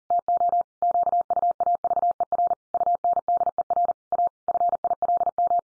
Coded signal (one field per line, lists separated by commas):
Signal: Morse code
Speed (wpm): 40 wpm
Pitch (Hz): 700 Hz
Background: none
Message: TO QUAVER UNDER A FILM